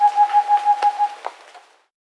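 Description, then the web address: Rufescent screech owl song: a quick run of several soft, even hoots at a steady pitch, then fading away. Andes, South America. "S America Andean Birds. Rufescent Screech-Owl (Otus Ingens)"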